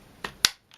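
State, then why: Seated. On a Dyson DC44 Digital Slim Mk2 vacuum cleaner head, the plastic brush bar end cap lock is turned back with a coin, used instead of a flat screwdriver to avoid damaging the plastic, into its locked, horizontal position. A soft click at 0.25 s is followed by a loud, sharp click at 0.5 s as the cap locks, then a faint tick near 0.7 s. The end cap is confirmed locked.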